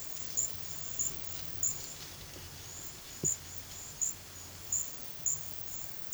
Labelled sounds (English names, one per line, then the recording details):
none
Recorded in pastures near Puerto Asís, Putumayo, Colombia, on 24 March 2025 at 14:00
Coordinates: 0.487, -76.322
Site G077